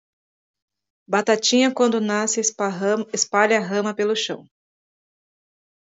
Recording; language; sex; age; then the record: short text; Brazilian Portuguese; female; 50 to 59 years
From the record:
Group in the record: control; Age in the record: 52 years